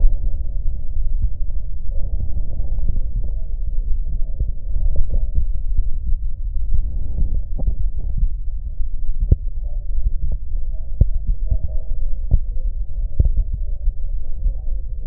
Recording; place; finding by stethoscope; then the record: heart sounds by stethoscope; aortic valve (AV); normal heart sounds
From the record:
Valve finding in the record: normal valve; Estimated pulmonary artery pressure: 37 mmHg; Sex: female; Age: 40 years